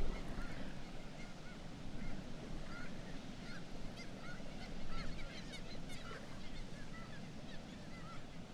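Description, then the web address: Black-legged kittiwakes giving scattered nasal calls and short rapid series, fairly soft, over an unbroken low rumbling background. "Black legged kittiwake. صدای-پرنده-کاکایی-پاسیاه"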